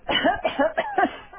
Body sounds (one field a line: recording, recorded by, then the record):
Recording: voluntary cough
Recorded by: telephone call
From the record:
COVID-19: positive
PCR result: checked with the laboratory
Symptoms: yes